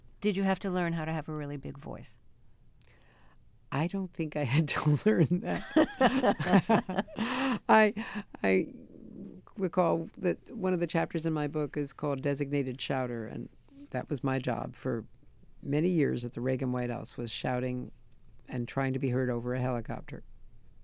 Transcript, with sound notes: Did you have to learn how to have a really big voice?
I don't think I had to learn that.
(LAUGHTER)
I recall that one of the chapters in my book is called Designated Shouter, and that was my job for many years at the Reagan White House was shouting and trying to be heard over a helicopter.